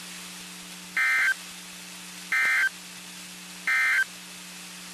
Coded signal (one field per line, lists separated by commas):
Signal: Emergency Alert System (SAME) tones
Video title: WXK35 Broadcast Cycle & RWT (EAS 1335)